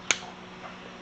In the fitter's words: if you just hold it back it's fine put it in then you're just going to push it till it clicks